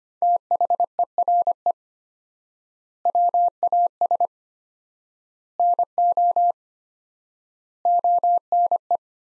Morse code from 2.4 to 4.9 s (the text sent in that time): WAS